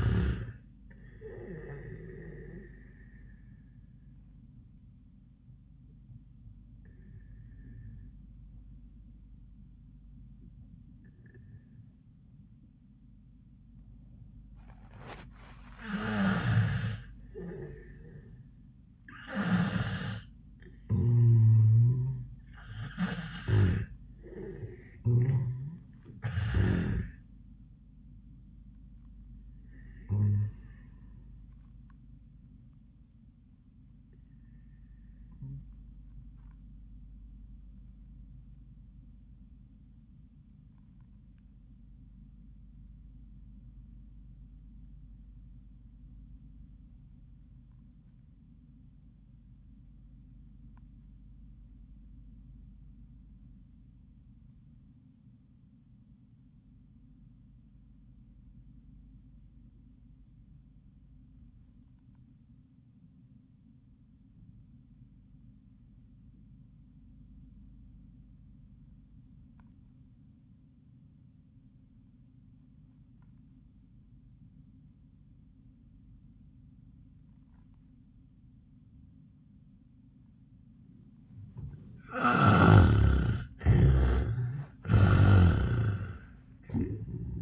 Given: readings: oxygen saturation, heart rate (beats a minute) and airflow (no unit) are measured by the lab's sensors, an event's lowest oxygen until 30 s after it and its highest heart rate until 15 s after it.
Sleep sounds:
breathing in sleep by a smartphone at the bedside; 2
5.00-21.20 s: obstructive apnea (N1, oxygen 97% highest, then 86% lowest, heart rate 91 at the start, 99 highest)
35.00-87.42 s: new sleep stage, REM sleep
39.00-82.90 s: obstructive apnea (REM, oxygen 97% highest, then 64% lowest, heart rate 91 at the start, 96 highest)
From the record:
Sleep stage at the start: N1 (lightest sleep); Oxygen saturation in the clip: 69 to 97%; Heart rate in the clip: 63 to 99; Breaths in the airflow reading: 5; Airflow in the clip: -27.3 to 10.1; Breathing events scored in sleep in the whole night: 400 in 8.7 hours asleep

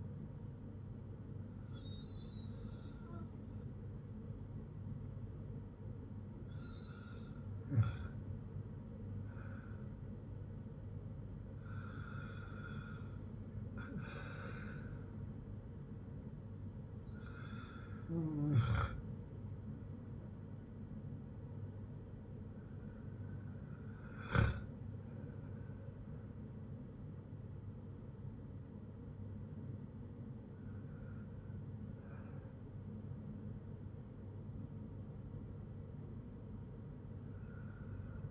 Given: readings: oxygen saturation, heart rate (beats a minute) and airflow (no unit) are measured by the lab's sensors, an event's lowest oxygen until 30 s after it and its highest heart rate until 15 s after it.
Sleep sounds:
breathing in sleep by a smartphone at the bedside; none
none scored
From the record:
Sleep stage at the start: N2 (light sleep); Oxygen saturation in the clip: 94 to 95%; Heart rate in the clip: 53 to 59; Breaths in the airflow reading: 6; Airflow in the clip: -8.1 to 9.2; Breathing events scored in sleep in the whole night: 182 in 7.4 hours asleep

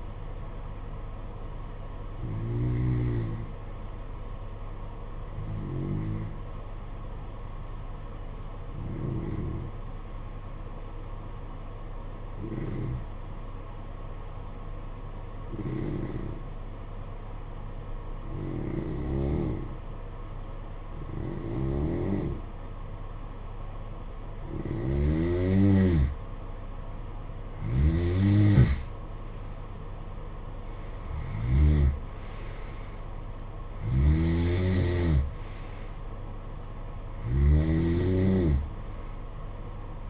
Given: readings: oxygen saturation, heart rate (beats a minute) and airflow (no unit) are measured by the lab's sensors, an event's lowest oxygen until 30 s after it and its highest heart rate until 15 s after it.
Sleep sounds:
breathing in sleep by a smartphone at the bedside; 1
3.00-26.70 s: hypopnea (N2, oxygen 95% highest, then 87% lowest, heart rate 50 at the start, 62 highest)
From the record:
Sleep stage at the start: N2 (light sleep); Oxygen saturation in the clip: 87 to 95%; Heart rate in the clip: 49 to 62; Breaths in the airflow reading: 12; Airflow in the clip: -12.7 to 13.6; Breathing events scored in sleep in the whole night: 476 in 9.7 hours asleep

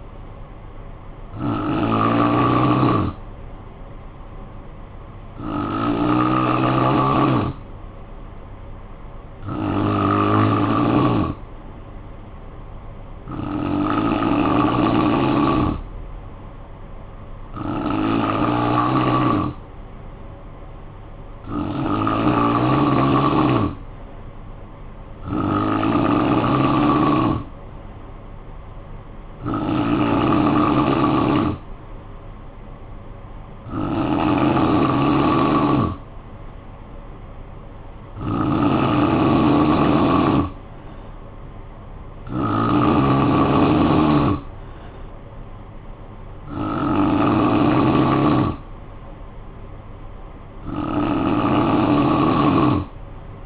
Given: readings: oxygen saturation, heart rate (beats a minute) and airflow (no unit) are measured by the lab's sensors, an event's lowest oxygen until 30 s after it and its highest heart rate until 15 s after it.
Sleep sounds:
breathing in sleep by a smartphone at the bedside; 1
12.00-34.00 s: hypopnea (N3, oxygen 93% highest, then 90% lowest, heart rate 57 at the start, 60 highest)
From the record:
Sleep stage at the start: N3 (deep sleep); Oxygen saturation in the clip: 90 to 94%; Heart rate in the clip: 53 to 60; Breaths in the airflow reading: 13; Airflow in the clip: -9.0 to 4.3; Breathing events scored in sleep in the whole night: 445 in 7.6 hours asleep

